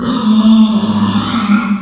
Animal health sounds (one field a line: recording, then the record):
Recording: squeal of a Yucatan mini pig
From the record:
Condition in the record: after surgery on the right vocal fold (resection and tissue-engineered implant)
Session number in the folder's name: 14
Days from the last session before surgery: 133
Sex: female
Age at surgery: 19 weeks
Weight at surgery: 25 kg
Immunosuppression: prednisolone